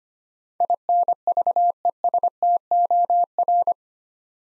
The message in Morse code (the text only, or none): INVESTOR